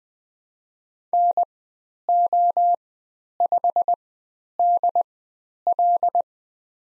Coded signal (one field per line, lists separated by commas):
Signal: Morse code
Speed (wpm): 20 wpm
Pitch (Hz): 700 Hz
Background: none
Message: NO5DL